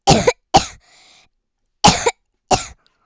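Four short, sharp cough bursts from a child, in two pairs about a second and a half apart, each ending in a brief catch. The coughs sound fairly dry and high-pitched, with quiet gaps between them.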